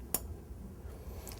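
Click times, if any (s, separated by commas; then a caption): 0.1 s. An Ethernet network cable with a plastic clip is plugged into a computer's network port. A single sharp, bright click at 0.1 s (0.15 s) stands out clearly above a low background hum, followed by a couple of faint ticks near the end. The clip clicks in and the plug is seated securely.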